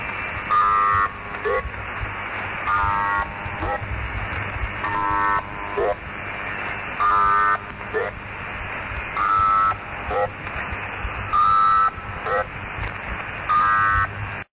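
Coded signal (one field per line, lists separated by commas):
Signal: channel marker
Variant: S32 Squeaky Wheel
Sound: repeating short squeaky, pulsating tone bursts over steady radio hiss, roughly every second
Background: radio static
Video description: Characteristics: Old squeaky bicycle wheel, Pulsating sound, Male or female voice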